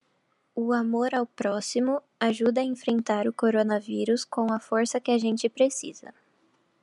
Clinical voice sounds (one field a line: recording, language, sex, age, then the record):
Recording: spoken sentence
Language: Brazilian Portuguese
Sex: female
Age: 18 to 19 years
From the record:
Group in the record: control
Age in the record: 19 years